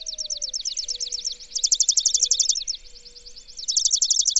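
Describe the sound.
Bird song: fast buzzy trills pulsing high in pitch, repeating in bursts that swell and fade, with a faint low whistle underneath.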